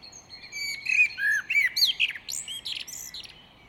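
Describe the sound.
Great tit calling in a fast series of looping whistled slurs and short scratchy chirps, fading slightly toward the end.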